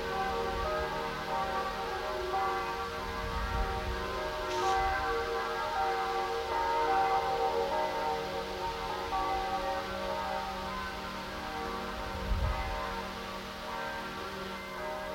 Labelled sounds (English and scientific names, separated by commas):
Bow-winged Grasshopper (Chorthippus biguttulus) stridulation